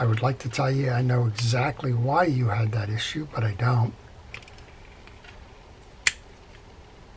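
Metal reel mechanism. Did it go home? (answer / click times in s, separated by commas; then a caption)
yes / 6.1 s. A man talks for about four seconds, then small handling ticks are heard as the free spool release (thumb bar mechanism) on a serviced Abu Ambassadeur 5600SX baitcasting reel, which had a faulty free spool release, is worked. At 6.1 s the free spool release engages with a single sharp, loud click, confirming the mechanism now clicks into engagement.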